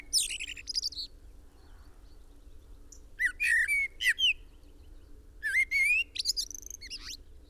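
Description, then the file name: Common blackbird giving clear whistled phrases, rising and falling notes in short bursts around the start, at three seconds and again near six seconds, over a steady low hum. "Turdus merula"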